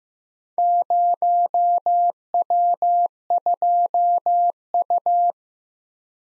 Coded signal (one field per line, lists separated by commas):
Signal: Morse code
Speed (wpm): 15 wpm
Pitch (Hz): 700 Hz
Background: none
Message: 0W2U